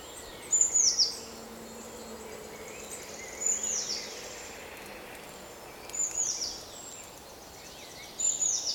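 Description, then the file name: Eurasian blue tit calling with brief high, sharp descending notes in small groups roughly every two to three seconds, over a soft hiss. "Cyanistes caeruleus"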